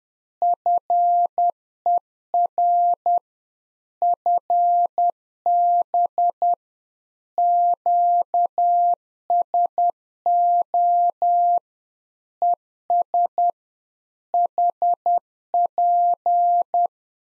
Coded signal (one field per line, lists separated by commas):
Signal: Morse code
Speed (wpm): 10 wpm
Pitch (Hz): 700 Hz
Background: none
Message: FER FB QSO ES HP